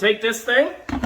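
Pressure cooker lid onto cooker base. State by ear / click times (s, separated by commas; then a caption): not seated / none. A pressure cooker lid is handled over the electric pressure cooker base while someone talks. A short broadband burst near the end, around 1.0 s, comes from the lid being handled. Nothing has seated or clicked yet.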